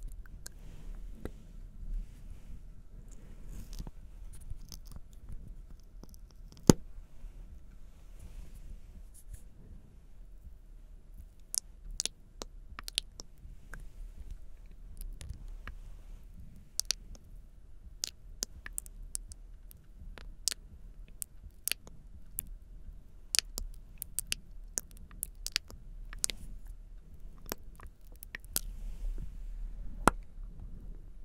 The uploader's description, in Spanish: Sonidos de boca y algunos de manos y miel